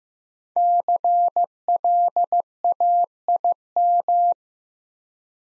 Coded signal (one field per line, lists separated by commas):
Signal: Morse code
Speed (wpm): 15 wpm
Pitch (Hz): 700 Hz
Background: none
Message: CLAIM